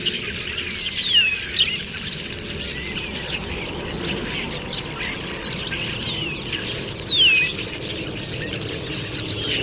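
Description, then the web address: Birds calling: many high chirps and downward-sliding whistles from several birds, repeating in irregular bursts throughout, with constant background hiss. "Deverinetal 2025. Bird Only"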